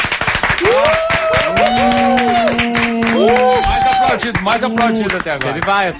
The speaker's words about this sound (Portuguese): Mais aplaudido até agora.